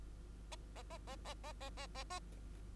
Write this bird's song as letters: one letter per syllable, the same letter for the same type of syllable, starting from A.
A A A A A A A A A A